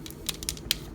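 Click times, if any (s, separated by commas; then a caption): 0.7 s. The rotating head section of a Transformers Movie Masterpiece MPM-03 Bumblebee plastic transforming figure is pushed down into the chest. Several small plastic clicks and rattles are followed by a sharp plastic click at 0.7 s as the head snaps fully home and seats in place.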